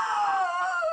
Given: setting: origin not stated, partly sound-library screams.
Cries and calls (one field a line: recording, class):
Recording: one-second piece from a danger detection set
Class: woman in danger